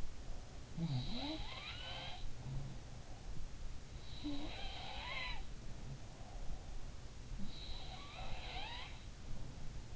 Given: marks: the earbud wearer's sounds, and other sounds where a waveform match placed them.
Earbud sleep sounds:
sounds in sleep by an in-ear microphone; breath
0.00-0.84 s: breath
0.65-3.08 s: sound from someone else or the room
3.99-6.27 s: sound from someone else or the room
7.24-9.88 s: sound from someone else or the room

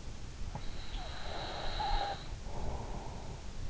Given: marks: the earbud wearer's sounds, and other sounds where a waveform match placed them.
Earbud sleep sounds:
sounds in sleep by an in-ear microphone; breath
0.76-3.56 s: breath

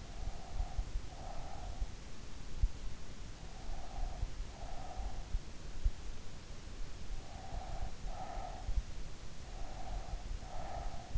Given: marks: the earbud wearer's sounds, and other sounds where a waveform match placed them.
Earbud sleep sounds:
sounds in sleep by an in-ear microphone; breath
0.00-2.19 s: breath
3.19-5.19 s: breath
7.19-8.87 s: breath
9.36-11.18 s: breath

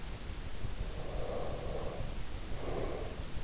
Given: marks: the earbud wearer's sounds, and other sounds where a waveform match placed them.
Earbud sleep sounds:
sounds in sleep by an in-ear microphone; breath
0.89-3.37 s: breath

